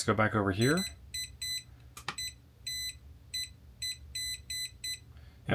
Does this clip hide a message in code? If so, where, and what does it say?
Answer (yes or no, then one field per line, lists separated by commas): no